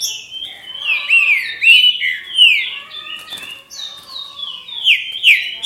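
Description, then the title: Green-winged saltator giving a rich, fluty song of falling and rising whistled notes, packed closely together, with a brief softer gap midway. "Trinca Ferro"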